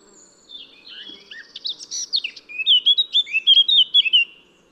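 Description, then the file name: Eurasian blackcap song: soft mixed twittering that swells into a loud, rapid series of clear whistled phrases before stopping. "Sylvia atricapilla"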